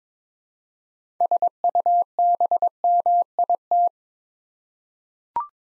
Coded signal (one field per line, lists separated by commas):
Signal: Morse code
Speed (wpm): 22 wpm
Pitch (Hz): 700 Hz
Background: none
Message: SUBMIT